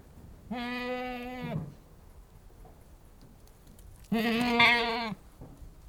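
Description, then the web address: Goat giving two long bleats starting roughly three and a half seconds apart, each about a second in length, over faint background hiss. Anglo-Nubian goat breed, livestock, bleating. "The BBC Sound Effects Library. Anglo-Nubian Goat Bleating"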